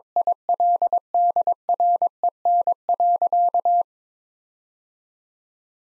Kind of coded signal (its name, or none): Morse code